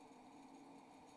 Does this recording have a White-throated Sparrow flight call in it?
no